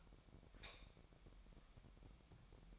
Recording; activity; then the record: daily activity, microphone in the room; light off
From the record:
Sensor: 1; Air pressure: 1011.9 hPa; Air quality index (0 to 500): 238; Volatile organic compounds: 6 ppm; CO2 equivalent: 1892 ppm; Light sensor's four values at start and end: 15/42/16/17 and 11/26/11/12